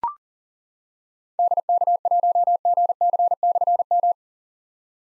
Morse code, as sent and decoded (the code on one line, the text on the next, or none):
-.. -.- .---- --. -.-. -..-. --
DK1GC/M